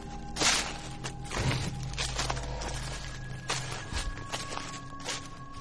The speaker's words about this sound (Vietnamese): Tôi hắng giọng, Ai đây? Ở bên ngoài đáp lại chúng tôi bằng tiếng bước chân sột soạt, thỉnh thoảng vang lên tiếng thình thịch.